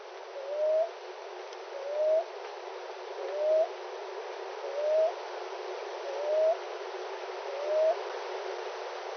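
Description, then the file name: Common ground dove calling with a series of six short, upslurred hooting coos, repeated roughly every one and a half seconds against faint rushing background noise. Recorded 30 April 2019 in windy weather; two bouts of calling. "2019-04-30 Common Ground-Dove 2 bouts Windy"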